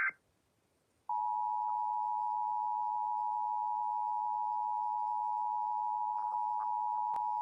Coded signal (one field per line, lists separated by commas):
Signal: Emergency Alert System (SAME) tones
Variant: 853 and 960 Hz attention tone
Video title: EAS Severe T’storm Warning #39 3/14/25 (Credit Goes To @SouthernPennsylvaniaWX & @KanawhaCountyWX)